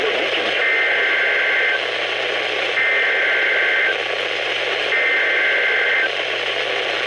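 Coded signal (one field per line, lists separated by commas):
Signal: Emergency Alert System (SAME) tones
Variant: header bursts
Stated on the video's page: NOAA weather radio alerts received from KHB36 and WXM57; WXM57 arrives at night on 162.400, the same frequency as KEC83.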